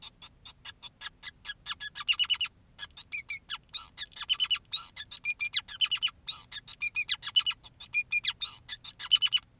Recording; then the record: song of a male Bengalese finch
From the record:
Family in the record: son of father 2, and himself father 5